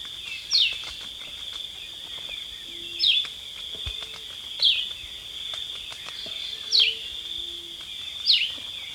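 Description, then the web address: Red-eyed vireo song: short, sharp down-slurred phrases, five in all, over a steady high drone. Recorded in Ecuador. "Birds of Ecuador. Red-Eyed Vireo"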